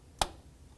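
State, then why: Seated. A desktop memory module is pushed down with both fingers into a motherboard DIMM slot, and a single sharp click sounds at 0.2 s as the retention tabs snap in. The module is seated.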